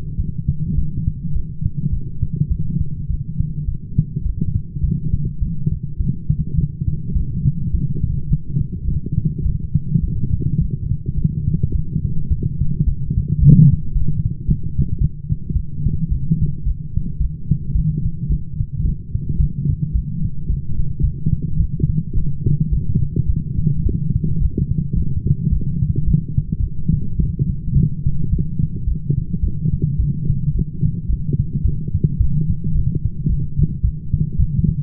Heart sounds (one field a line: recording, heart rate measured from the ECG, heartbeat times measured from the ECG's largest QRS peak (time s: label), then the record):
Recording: heart sounds by stethoscope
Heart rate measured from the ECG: 107 bpm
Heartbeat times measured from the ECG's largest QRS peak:
0.17 s: heartbeat
0.76 s: heartbeat
1.33 s: heartbeat
1.91 s: heartbeat
2.49 s: heartbeat
3.08 s: heartbeat
3.66 s: heartbeat
4.24 s: heartbeat
4.82 s: heartbeat
5.40 s: heartbeat
5.98 s: heartbeat
6.56 s: heartbeat
7.14 s: heartbeat
7.72 s: heartbeat
8.29 s: heartbeat
8.86 s: heartbeat
9.44 s: heartbeat
10.01 s: heartbeat
10.59 s: heartbeat
11.16 s: heartbeat
11.73 s: heartbeat
12.29 s: heartbeat
12.85 s: heartbeat
13.40 s: heartbeat
13.94 s: heartbeat
14.46 s: heartbeat
14.99 s: heartbeat
15.54 s: heartbeat
16.09 s: heartbeat
16.64 s: heartbeat
17.19 s: heartbeat
17.73 s: heartbeat
18.28 s: heartbeat
18.83 s: heartbeat
19.38 s: heartbeat
19.93 s: heartbeat
20.47 s: heartbeat
21.01 s: heartbeat
21.58 s: heartbeat
22.14 s: heartbeat
22.71 s: heartbeat
23.27 s: heartbeat
23.84 s: heartbeat
24.39 s: heartbeat
24.94 s: heartbeat
25.50 s: heartbeat
26.05 s: heartbeat
26.61 s: heartbeat
27.17 s: heartbeat
27.74 s: heartbeat
28.30 s: heartbeat
28.86 s: heartbeat
29.41 s: heartbeat
29.97 s: heartbeat
30.53 s: heartbeat
31.07 s: heartbeat
31.63 s: heartbeat
32.18 s: heartbeat
32.73 s: heartbeat
33.28 s: heartbeat
33.82 s: heartbeat
34.37 s: heartbeat
From the record:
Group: healthy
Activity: light exercise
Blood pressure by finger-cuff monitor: 155/91 mmHg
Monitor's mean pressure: 112 mmHg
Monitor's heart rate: 107 bpm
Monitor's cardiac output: 9.3 L/min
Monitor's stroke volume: 87 mL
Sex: female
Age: 22 years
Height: 161 cm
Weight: 65.5 kg